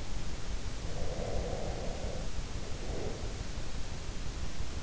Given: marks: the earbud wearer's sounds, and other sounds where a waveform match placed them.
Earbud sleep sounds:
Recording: sounds in sleep by an in-ear microphone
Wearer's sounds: breath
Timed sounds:
0.86-3.36 s: breath

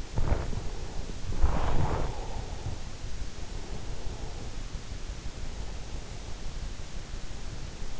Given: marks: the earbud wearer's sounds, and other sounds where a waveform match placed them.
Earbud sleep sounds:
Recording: sounds in sleep by an in-ear microphone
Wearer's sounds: body movement, breath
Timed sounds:
0.00-2.36 s: body movement
0.44-2.81 s: breath
3.33-6.03 s: breath

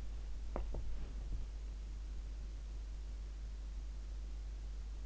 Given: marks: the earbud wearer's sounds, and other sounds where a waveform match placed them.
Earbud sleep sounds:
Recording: sounds in sleep by an in-ear microphone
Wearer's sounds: body movement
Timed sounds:
0.55-1.82 s: body movement

